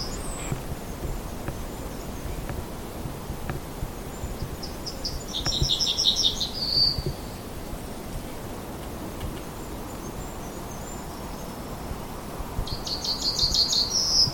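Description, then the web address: Yellowhammer song: two phrases of quick repeated high notes about eight seconds apart, the first ending in a longer drawn-out note, over steady low rumbling background noise. Recorded 22 March 2020. "linnut keltasirkku 200322"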